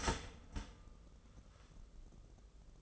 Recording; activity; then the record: daily activity, microphone in the room; start toaster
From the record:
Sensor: 4